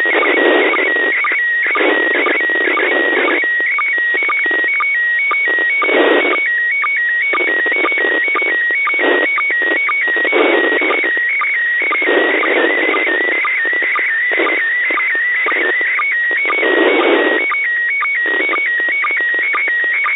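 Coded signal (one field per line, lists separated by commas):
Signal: SSTV (slow-scan television)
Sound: warbling high tones with regular short low ticks about twice a second, under crackly hiss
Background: radio static, fading noise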